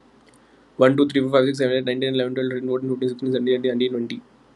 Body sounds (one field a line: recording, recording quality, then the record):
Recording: counting at a fast pace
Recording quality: excellent, no background noise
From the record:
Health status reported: COVID-19 positive, mild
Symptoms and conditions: cough, cold, sore throat, fever, fatigue, loss of smell and taste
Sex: male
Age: 27 years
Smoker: not ticked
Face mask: not worn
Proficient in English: yes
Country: India